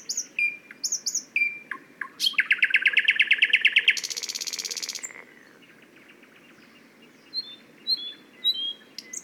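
Thrush nightingale song: whistled notes, a rapid run of loud clicks, a long buzzing trill, then gentle high whistles after a pause.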